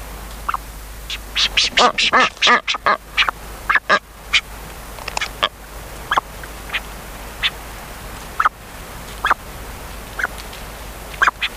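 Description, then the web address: Brown booby giving harsh, quacking honks, a quick burst of many calls early on, then scattered single honks. "sikioto. katsuodori"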